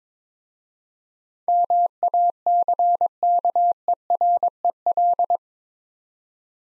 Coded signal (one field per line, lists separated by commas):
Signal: Morse code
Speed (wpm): 23 wpm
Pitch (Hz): 700 Hz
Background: none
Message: MACKEREL